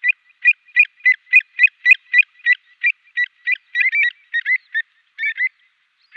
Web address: Schulze Peter Avocet